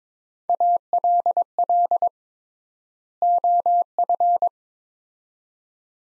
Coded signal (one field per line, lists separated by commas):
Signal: Morse code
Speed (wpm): 22 wpm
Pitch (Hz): 700 Hz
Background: none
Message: ALL OF